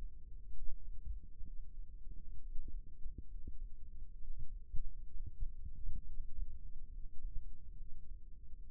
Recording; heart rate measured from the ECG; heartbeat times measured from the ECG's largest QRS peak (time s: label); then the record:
heart sounds by microphone in the left ear; 66 bpm
0.56 s: heartbeat
1.46 s: heartbeat
2.42 s: heartbeat
3.30 s: heartbeat
4.20 s: heartbeat
5.13 s: heartbeat
6.06 s: heartbeat
6.92 s: heartbeat
7.78 s: heartbeat
8.69 s: heartbeat
From the record:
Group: healthy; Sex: male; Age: 22 years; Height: 181 cm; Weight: 79 kg